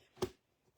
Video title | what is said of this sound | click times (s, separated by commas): FB Live -- Aug 18 Gathering Moments Wiper Card | Okay. So, it's locked in. | 0.2 s